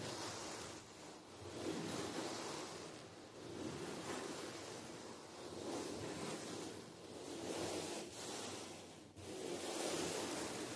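Brushes and scratching strokes sweep across a drum head in a continuous hiss that swells and fades roughly every two seconds. The washing sound is dense and airy, with a soft low rumble underneath and a brief dip just after nine seconds.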